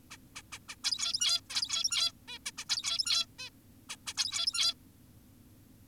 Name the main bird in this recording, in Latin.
Taeniopygia guttata